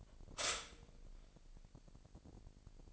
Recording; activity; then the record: daily activity, microphone in the room; stop toaster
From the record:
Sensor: 5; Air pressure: 1007.2 hPa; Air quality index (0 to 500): 131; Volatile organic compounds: 2 ppm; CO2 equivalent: 992 ppm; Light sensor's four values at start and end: 25/58/24/24 and 25/58/24/24